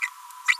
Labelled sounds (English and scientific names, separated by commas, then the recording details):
Green-rumped Parrotlet (Forpus passerinus) babbling
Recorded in a nest box in Venezuela
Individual 18B25A5